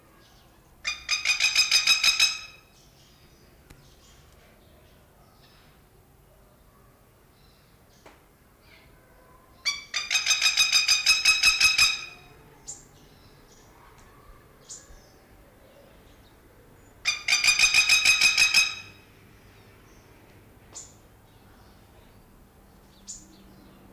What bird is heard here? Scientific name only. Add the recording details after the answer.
Vanellus miles. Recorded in captivity. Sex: male. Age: adult. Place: Zoo Berlin, Berlin, DE. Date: 1999-07-20 16:58. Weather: fair, thunderstorm, 26-28°C. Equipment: Sony WM-D6C, Sennheiser ME 80, Kopie Uher 4000 Report Monitor. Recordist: Tembrock, Günter